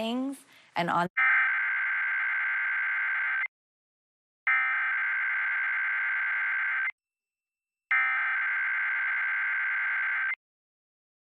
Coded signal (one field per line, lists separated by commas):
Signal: Emergency Alert System (SAME) tones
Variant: header bursts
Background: speech